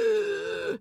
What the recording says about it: Asthma is different. It's not an infection. It's a condition where airways become constricted as a spasm. It's a wheezing sound you'll hear on with your ears. She could have been exposed to something she's allergic to. A very peanut, common. Right. Strawberries, eggs.